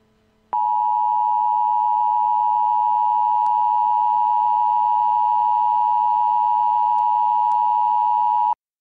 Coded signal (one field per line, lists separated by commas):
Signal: Emergency Alert System (SAME) tones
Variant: 853 and 960 Hz attention tone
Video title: EAS Scenario- The Innocent Part 1- Where it all begins